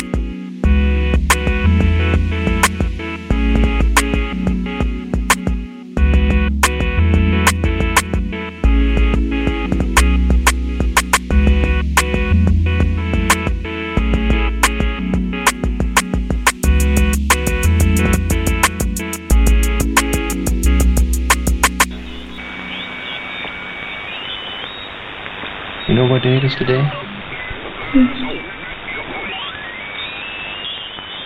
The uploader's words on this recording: Lost voices in night static. A short relay of the strange, haunting and ghost-like night life of shortwave radio.